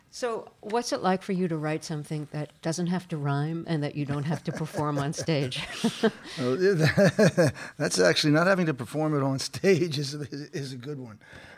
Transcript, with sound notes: So what's it like for you to write something that doesn't have to rhyme and that you don't have to perform onstage?
(Laughter) That's actually - not having to perform it onstage is a good one.